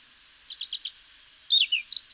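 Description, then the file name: European robin song: soft repeated high notes rising into a thin sustained whistle, then a burst of quick, sharp twittering. "Erithacus rubecula"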